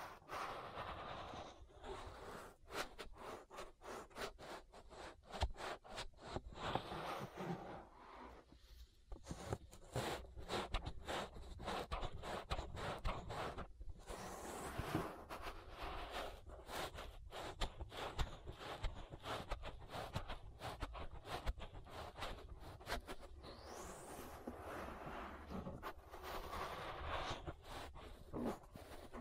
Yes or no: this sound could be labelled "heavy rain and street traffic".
no